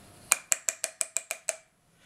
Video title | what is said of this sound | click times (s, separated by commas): How a Prosthetic Leg Works | nine clicks means it's uh all the way in | 0.3 s, 0.5 s, 0.7 s, 1.0 s, 1.2 s, 1.5 s